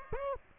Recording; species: mosquito wingbeat signal from an infrared sensor; Aedes aegypti